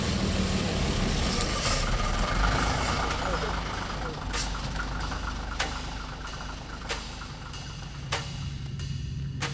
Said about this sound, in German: Der Bus. Wir steigen hinten ein, damit ich sie dann besser im Blick habe.